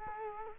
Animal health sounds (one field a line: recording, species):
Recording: mosquito wingbeat signal from an infrared sensor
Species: Culex quinquefasciatus